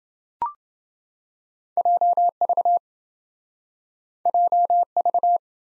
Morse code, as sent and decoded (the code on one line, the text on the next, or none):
.--- ...- / .--- ...-
JV JV